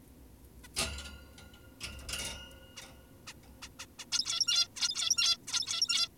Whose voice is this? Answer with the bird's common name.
Zebra Finch